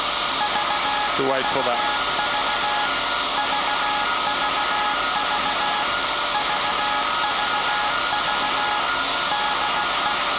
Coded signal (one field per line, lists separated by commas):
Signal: Morse code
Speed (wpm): 16 wpm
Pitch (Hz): 840 Hz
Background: speech, music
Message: VVV VVV VVV DE